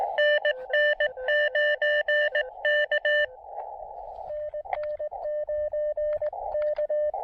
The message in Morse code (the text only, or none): NN9K NN9K